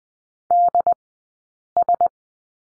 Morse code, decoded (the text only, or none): DS